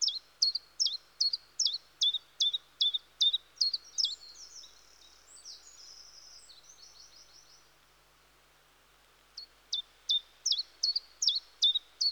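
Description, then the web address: Common chiffchaff song, a steady run of high, sharp alternating notes, breaking off for a few seconds, then resuming. "The BBC Sound Effects Library. Chiffchaff"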